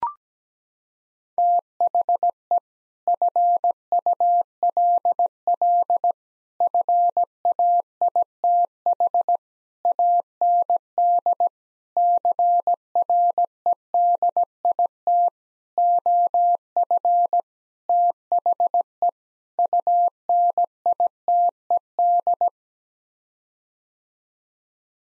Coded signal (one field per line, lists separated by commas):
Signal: Morse code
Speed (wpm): 17 wpm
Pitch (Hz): 700 Hz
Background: none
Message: THE FULL FAITH AND CREDIT OF THE UNITED